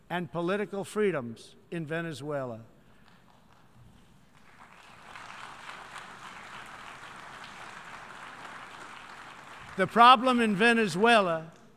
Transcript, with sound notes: and political freedoms in Venezuela. (Applause.) The problem in Venezuela